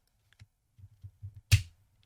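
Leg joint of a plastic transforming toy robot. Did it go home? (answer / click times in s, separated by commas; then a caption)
yes / 1.5 s. The rear legs of a plastic Retro G1 Hot Rod transforming toy car are extended during its transformation into a robot, and the leg joint locks into its extended position. Faint ticks and soft low handling thumps lead up to one sharp, bright click at 1.5 s that decays quickly. The result is a nice, solid click of the joint seating, one that a vintage version of the toy no longer makes.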